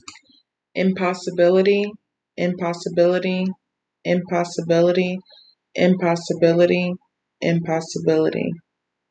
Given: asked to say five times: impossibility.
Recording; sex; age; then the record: repeated word; female; 20 to 29 years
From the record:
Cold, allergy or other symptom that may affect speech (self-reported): no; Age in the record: 27 years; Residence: South Carolina, United States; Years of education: 13